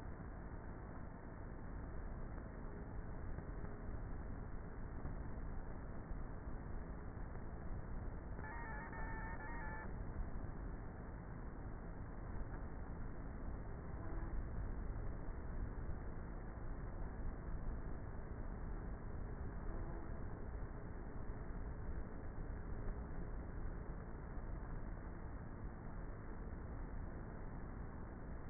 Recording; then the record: honeybee colony, microphone inside the hive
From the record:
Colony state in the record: queenless with a low population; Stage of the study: before two queens were removed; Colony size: about 30,000 bees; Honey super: no